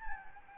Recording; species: mosquito wingbeat signal from an infrared sensor; Anopheles gambiae